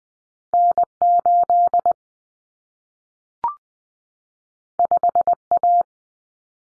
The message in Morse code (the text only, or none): N8 5A